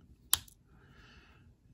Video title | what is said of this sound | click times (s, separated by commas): Victorinox Camper - SAK Saturday | and it's got the snaps into place there | 0.3 s